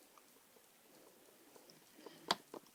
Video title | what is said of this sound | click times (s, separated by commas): Gateway NE56R/Acer Aspire E1 Series Reassembly Pt. 2 | all right that clicked into place and i'll take this wire and clip it with | 2.3 s